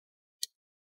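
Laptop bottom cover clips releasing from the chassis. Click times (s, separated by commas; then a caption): 0.4 s. A plastic opening tool is twisted upward along the edge of a Dell Inspiron 15 3525 laptop's plastic bottom cover, which has a small crack, to open it for a battery replacement. A single sharp snap-clip click sounds at 0.4 s amid otherwise silence. The bottom cover clips pop loose from the chassis.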